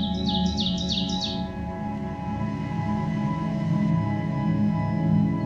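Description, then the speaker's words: Ovenbird song: a quick phrase of several repeated two-note notes in the first second or so, then only a steady low background hum. Drab thrush-like warbler of deep hardwood forests of eastern North America; song remembered as 'teacher, teacher, teacher'. "Their song is easily recognized and can be remembered with the mnemonic, "Teacher, teacher, teacher.""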